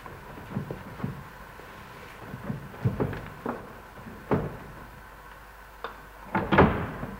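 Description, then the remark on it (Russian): A run of sharp mechanical clicks and clunks as the lock of a chamber door is worked, ending in a louder rattling thud as the door swings open. No voices. “Придется войти в камеру. Разрешите мне? Нет, нет. Только я сам. Разблокируйте дверь.”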